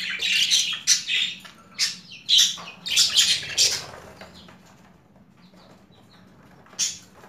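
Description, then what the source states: Budgerigar calls, a run of harsh squawks and chirps, then near silence broken by one last squawk. Female budgerigar; mixed sounds.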